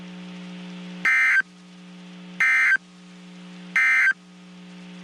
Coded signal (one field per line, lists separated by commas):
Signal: Emergency Alert System (SAME) tones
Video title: Severe Weather Alerts for Central Texas (EAS 1355-1359)